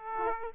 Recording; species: mosquito wingbeat signal from an infrared sensor; Aedes aegypti